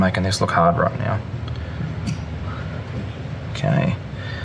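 A steel wrist-pin circlip is being pressed toward its groove in the aluminium piston of an MHR Replica cylinder kit for a Piaggio Zip scooter while someone talks. Short handling noises and a brief sharp tick are heard as the circlip is worked. Nothing has seated or clicked yet.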